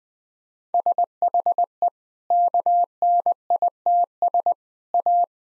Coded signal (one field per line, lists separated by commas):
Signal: Morse code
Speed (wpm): 20 wpm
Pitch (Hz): 700 Hz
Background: none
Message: SHE KNITS A